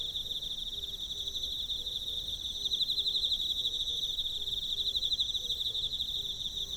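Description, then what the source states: Emma field cricket song, continuous high pulsing trill with a second higher trill coming and going and faint low tones repeating underneath. Recorded with a ZOOM F6 recorder and Sennheiser MK microphone.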